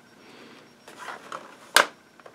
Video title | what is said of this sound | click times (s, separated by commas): How to Install 275GB M.2 SSD Drive into Acer Aspire E15-575-33BM Laptop Computer Guide | up a little until you hear a pop there you go then they'll | 1.8 s